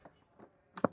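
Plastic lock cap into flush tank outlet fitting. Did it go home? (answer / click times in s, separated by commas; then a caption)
yes / 0.8 s. A 1-1/4 inch plastic lock cap is pushed down onto the outlet fitting of a Jaquar flush tank so that it locks into two slots, a lock system. Two sharp clicks are heard at 0.8 s and 0.9 s as the cap seats, after faint softer knocks at 0.1 s and 0.4 s.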